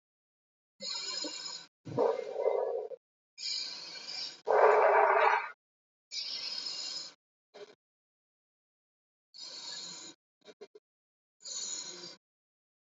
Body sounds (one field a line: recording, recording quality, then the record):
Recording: deep breathing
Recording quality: excellent, no background noise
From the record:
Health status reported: healthy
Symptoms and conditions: fever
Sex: female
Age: 20 years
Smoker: not ticked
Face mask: not worn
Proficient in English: yes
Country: India